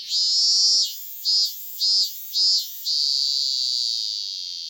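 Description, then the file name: Robust cicada song: four shrill buzzing pulses about half a second apart, then a long, steady, high drone that slowly fades. "cicada minmin"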